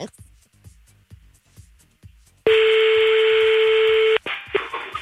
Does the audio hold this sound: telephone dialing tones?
yes